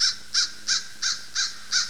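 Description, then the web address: American crow cawing, six short harsh caws repeated steadily about every third of a second. "Mitchell Lake. Am Crow"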